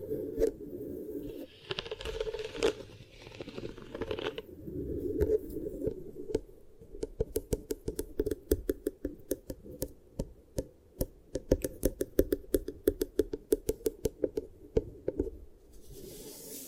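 Beeswax ear triggers: soft, squishy rubbing for the first few seconds, then a dense run of sharp, irregular clicks and crackles.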